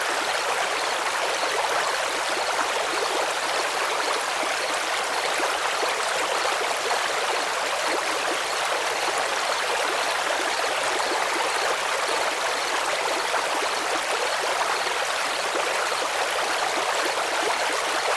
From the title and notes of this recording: Take a moment to immerse yourself in the serene sounds of a countryside creek in this episode. Watching the water flow over the rocks and stones. Peaceful Countryside Creek.